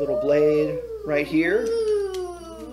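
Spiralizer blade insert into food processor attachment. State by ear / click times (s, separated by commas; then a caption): not seated / none. Someone talks while handling the small spiralizer blade insert for the plastic spiralizing attachment of a food processor, about to push it back in. Only the voice is heard, and the insert has not seated or clicked yet.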